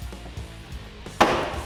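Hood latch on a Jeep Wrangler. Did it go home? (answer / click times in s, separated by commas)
yes / 1.2 s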